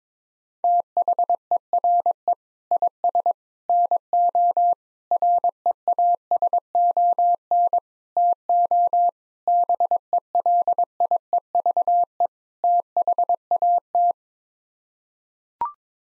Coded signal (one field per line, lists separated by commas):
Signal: Morse code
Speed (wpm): 22 wpm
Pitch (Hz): 700 Hz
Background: none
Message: THERE IS NO REASON TO BELIEVE THAT